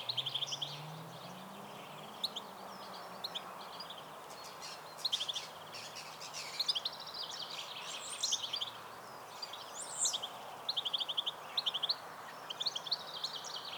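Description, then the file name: European goldfinch calling in scattered clusters of rapid, high, twittering notes, with other brief high chirps and a constant low rushing background. "Carduelis carduelis"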